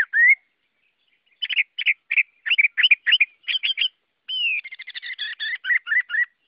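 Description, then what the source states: Chinese hwamei singing a rising whistle, then a string of short chirpy notes, a long slurred whistle and a fast run of repeated notes. Song in the style called "giọng rừng" (forest voice).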